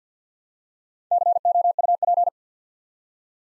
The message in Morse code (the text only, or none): COUP